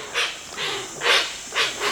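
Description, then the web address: Hoatzin uttering five quick, harsh, breathy wheezes in two seconds, each a short raspy hiss, with steady background hiss throughout. "BIRD NOTE. Hoatzin"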